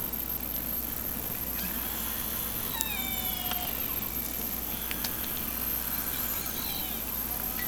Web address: Hydrophone Data 2012 Lime Kiln Transients 120410 orcasound Ave Db 97 04 10 2012 06 56 47